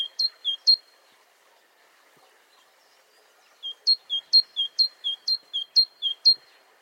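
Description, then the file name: Great tit singing the end of one strophe of paired notes, then a quiet gap, then a fresh run of six brisk two-note phrases. "Parus major"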